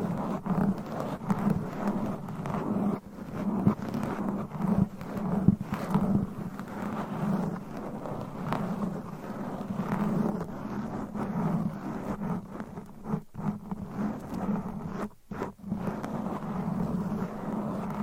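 Mic scratching runs as a dense, rough rustle the whole way through, strongest in a low band with a brighter grainy layer above. Sharper scratches and taps punctuate it every second or so, and brief near-silent breaks appear around 13 and 15 seconds.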